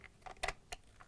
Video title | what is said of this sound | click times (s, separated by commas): Demo HMC150 | is the mount and the battery plate, so you'll slide it in until it clicks. There we go. | 0.4 s